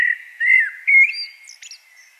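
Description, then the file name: Common blackbird song: a few smooth fluted notes followed by a quick scratchy high flourish. "Turdus merula"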